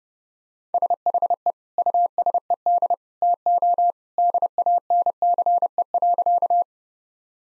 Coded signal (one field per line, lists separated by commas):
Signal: Morse code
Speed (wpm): 28 wpm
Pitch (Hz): 700 Hz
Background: none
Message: SHE USED TO DANCE.